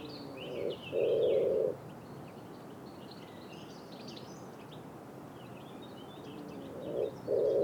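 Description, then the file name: Common wood pigeon coo phrases: a short note then a long, even low coo, repeated after a pause of several seconds, with songbirds chirping above. "pigeon ramier"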